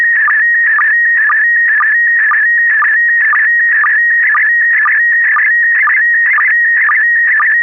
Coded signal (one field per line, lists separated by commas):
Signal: SSTV (slow-scan television)